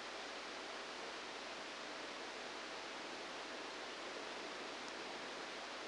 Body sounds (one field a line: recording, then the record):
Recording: brain microelectrode recording played as sound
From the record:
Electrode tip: outside the subthalamic nucleus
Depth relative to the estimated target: -3 mm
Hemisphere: left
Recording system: NeuroSet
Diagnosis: Parkinson's disease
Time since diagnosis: 10 years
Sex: male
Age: 63 years